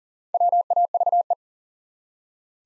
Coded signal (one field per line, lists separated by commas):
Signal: Morse code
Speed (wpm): 42 wpm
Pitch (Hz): 700 Hz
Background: none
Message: WAVE